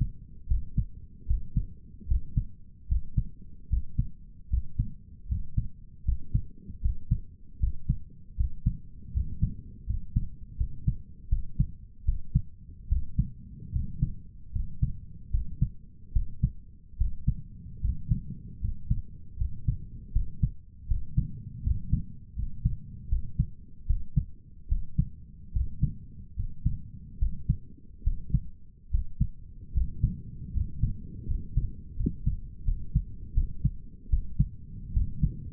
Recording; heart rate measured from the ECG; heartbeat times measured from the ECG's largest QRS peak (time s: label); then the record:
heart sounds by stethoscope; 77 bpm
0.47 s: heartbeat
1.26 s: heartbeat
2.06 s: heartbeat
2.87 s: heartbeat
3.68 s: heartbeat
4.48 s: heartbeat
5.27 s: heartbeat
6.04 s: heartbeat
6.80 s: heartbeat
7.58 s: heartbeat
8.35 s: heartbeat
9.12 s: heartbeat
9.85 s: heartbeat
10.56 s: heartbeat
11.28 s: heartbeat
12.04 s: heartbeat
12.87 s: heartbeat
13.71 s: heartbeat
14.51 s: heartbeat
15.30 s: heartbeat
16.12 s: heartbeat
16.96 s: heartbeat
17.80 s: heartbeat
18.60 s: heartbeat
19.37 s: heartbeat
20.11 s: heartbeat
20.86 s: heartbeat
21.62 s: heartbeat
22.34 s: heartbeat
23.08 s: heartbeat
23.86 s: heartbeat
24.67 s: heartbeat
25.52 s: heartbeat
26.35 s: heartbeat
27.18 s: heartbeat
28.03 s: heartbeat
28.90 s: heartbeat
29.73 s: heartbeat
30.52 s: heartbeat
31.26 s: heartbeat
31.95 s: heartbeat
32.64 s: heartbeat
33.33 s: heartbeat
34.09 s: heartbeat
34.92 s: heartbeat
From the record:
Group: healthy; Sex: male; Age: 23 years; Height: 178 cm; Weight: 96.6 kg